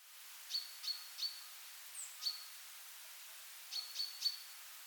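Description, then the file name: Common chaffinch calls: short sharp high clicks in two groups of three with one or two single clicks between, with a steady hiss of background noise. "Fringilla coelebs"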